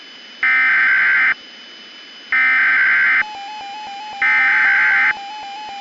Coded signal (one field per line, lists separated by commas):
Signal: Emergency Alert System (SAME) tones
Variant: header bursts